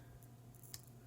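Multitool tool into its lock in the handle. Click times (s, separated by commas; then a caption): 0.7 s. A multitool's tool is swung into its lock in the handle, and its metal lock engages with a sharp snap at 0.7 s, preceded by faint light ticks of the tool moving. The tool locks firmly in place with no play.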